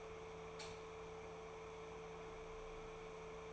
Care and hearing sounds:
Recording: daily activity, microphone in the room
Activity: light on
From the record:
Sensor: 1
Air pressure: 1014.8 hPa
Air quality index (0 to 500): 188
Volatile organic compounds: 19 ppm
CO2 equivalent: 2664 ppm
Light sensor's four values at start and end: 10/25/10/11 and 14/40/15/16

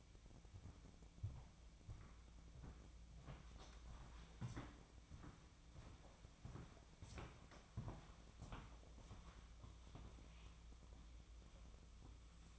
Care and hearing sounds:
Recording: daily activity, microphone in the room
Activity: walk to room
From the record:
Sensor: 1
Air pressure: 1000.0 hPa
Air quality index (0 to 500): 131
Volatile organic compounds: 2 ppm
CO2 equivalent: 1239 ppm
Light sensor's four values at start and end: 44/110/46/58 and 39/99/41/52

